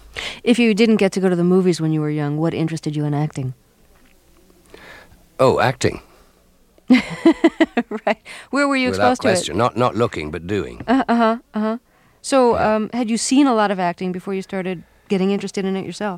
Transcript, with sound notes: If you didn't get to go to the movies when you were young, what interested you in acting?
Oh, acting.
(Laughter) Right. Where were you exposed to it?
Without question, not looking but doing.
So had you seen a lot of acting before you started getting interested in it yourself?